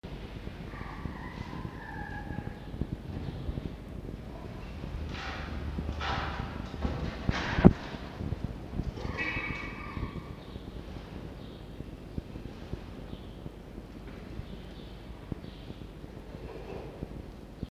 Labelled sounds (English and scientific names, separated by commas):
Red Fox (Vulpes vulpes)